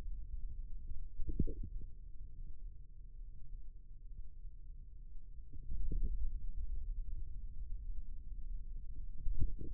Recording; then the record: forearm muscle sounds (acoustic myography)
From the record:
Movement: ulnar deviation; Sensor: system 2, bracelet of six BSWA MPA416 microphones around the upper forearm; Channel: 4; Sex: male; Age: 22 years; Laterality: right